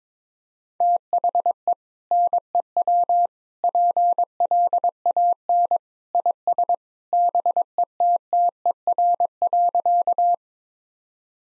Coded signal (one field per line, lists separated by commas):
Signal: Morse code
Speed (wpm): 22 wpm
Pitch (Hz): 700 Hz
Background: none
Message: THE NEW PLAN IS BETTER.